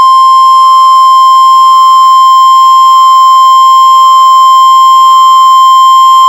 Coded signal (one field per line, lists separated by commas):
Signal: Emergency Alert System (SAME) tones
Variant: 1050 Hz attention tone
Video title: Severe T'storm Warning (EAS #364)